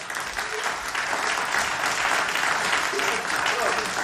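A talk-show audience claps steadily for a guest for about four seconds, a dense, even patter of many hands at a fairly strong, unchanging level with no voices standing out.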